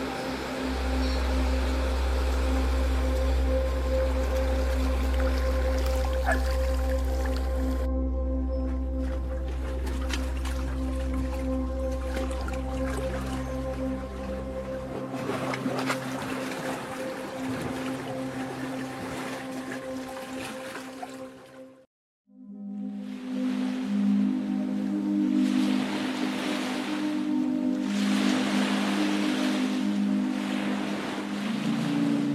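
Relaxing sleep music plays over the sound of sea waves, with sustained tones holding steady pitches and a deep low drone during the first fifteen seconds. The wave wash thins and brightens midway, the sound drops out briefly near twenty-two seconds, then music and surf resume.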